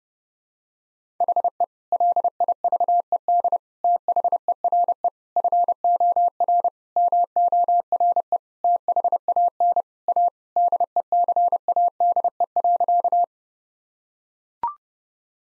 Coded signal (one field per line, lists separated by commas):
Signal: Morse code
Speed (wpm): 30 wpm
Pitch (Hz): 700 Hz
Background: none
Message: HE LIVED THERE FOR MORE THAN A DECADE.